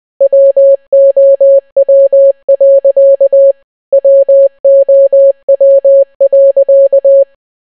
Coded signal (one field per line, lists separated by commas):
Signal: Morse code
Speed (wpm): 20 wpm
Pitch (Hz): 550 Hz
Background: none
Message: WOW. WOW.